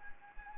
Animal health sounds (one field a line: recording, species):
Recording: mosquito wingbeat signal from an infrared sensor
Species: Anopheles arabiensis